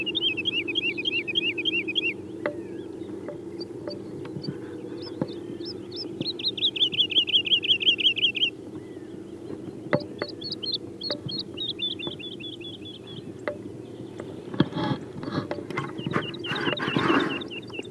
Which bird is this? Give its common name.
Wood Lark